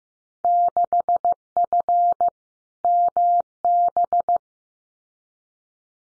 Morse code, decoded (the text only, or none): 6F MB